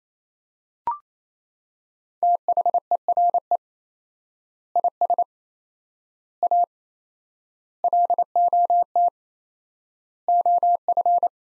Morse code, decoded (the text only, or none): THERE IS A LOT OF